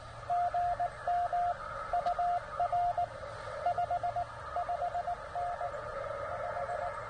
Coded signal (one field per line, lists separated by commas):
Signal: Morse code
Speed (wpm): 16 wpm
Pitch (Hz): 690 Hz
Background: radio noise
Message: GM UR 55N 5